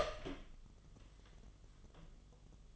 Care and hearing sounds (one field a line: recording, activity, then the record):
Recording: daily activity, microphone in the room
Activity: open door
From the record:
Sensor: 4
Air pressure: 1005.7 hPa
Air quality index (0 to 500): 95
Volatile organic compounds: 2 ppm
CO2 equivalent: 1180 ppm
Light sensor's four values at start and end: 13/31/12/11 and 13/29/11/11